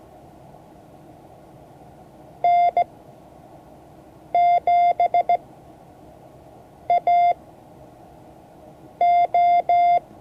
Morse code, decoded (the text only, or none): N7AO